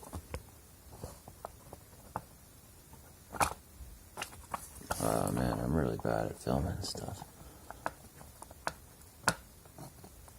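A printed part is handled against the body of a 3D-printed Dune tracker prop that has been modded for ergonomics, while someone talks. Small taps and knocks are heard, with a stretch of louder rustling handling noise around 5–7 s and a sharp knock near 9.3 s. Nothing has seated or clicked into place yet.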